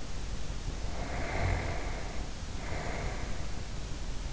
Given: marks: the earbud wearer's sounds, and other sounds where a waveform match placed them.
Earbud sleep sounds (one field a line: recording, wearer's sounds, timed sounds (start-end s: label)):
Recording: sounds in sleep by an in-ear microphone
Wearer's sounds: breath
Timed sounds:
0.78-3.93 s: breath